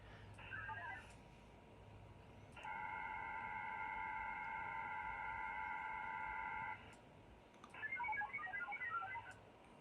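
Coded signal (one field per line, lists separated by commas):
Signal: HF data modem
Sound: short warbling multi-tone burst, then a steady three-tone chord for four seconds, then scattered tone bursts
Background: radio static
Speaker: so we are receiving an incoming message and just received it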